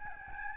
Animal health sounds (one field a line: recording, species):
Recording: mosquito wingbeat signal from an infrared sensor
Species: Aedes albopictus